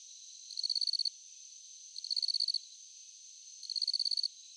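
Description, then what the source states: Crickets give three high, rattling chirp bursts, each roughly half a second of quick pulses, above a continuous thin drone. Crickets at night.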